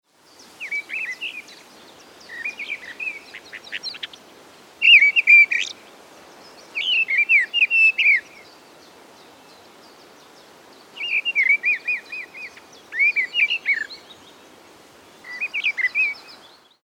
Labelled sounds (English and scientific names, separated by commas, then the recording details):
Mistle Thrush (Turdus viscivorus)
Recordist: Tembrock, Günter
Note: Gesang